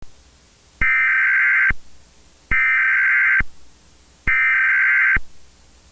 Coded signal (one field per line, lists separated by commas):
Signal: Emergency Alert System (SAME) tones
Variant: header bursts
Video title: EAS Scenario | Red Trollface (#108)